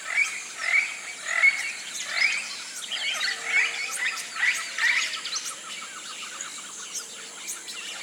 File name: TROPICAL Rainforest morning rousing flocks of birds in the canopy